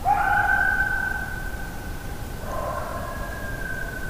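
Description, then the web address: Coyote howling: a long, steady, tonal note that wavers slightly, then drops and continues more softly for several seconds, with faint background hiss. Coyote howl, recorded 26 July 2009. "Coyote 2009 07 26 02 howl"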